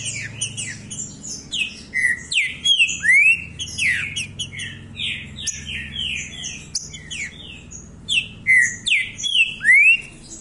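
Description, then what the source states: Green-winged saltator song: continuous, busy whistled phrases, loud rising slurs recurring every few seconds amid overlapping high chips, over a low background hum. Said to sing continuously like this all year round.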